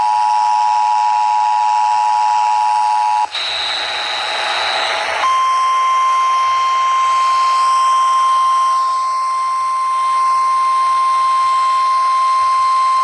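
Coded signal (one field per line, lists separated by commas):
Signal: Emergency Alert System (SAME) tones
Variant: 853 and 960 Hz attention tone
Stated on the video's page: Severe Thunderstorm Warning received on a new weather radio.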